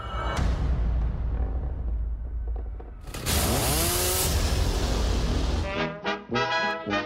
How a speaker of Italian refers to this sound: Quella che avete sentito non era una motoretta, come potete immaginare, ma una motosega, che è proprio il simbolo.